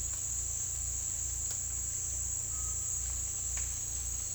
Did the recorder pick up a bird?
yes